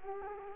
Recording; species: mosquito wingbeat signal from an infrared sensor; Culex quinquefasciatus